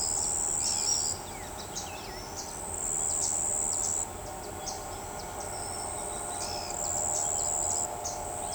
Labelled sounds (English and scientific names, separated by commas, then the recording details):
Ochre-lored Flatbill (Tolmomyias flaviventris), White-eared Conebill (Conirostrum leucogenys), Pale-eyed Pygmy Tyrant (Atalotriccus pilaris)
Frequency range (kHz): Ochre-lored Flatbill (Tolmomyias flaviventris) 4.0-6.9 kHz; Pale-eyed Pygmy Tyrant (Atalotriccus pilaris) 1.9-6.8 kHz
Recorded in shrubland near Pivijay, Magdalena, Colombia, on 18 April 2023 at 06:00
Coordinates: 10.453, -74.365
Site P5-G022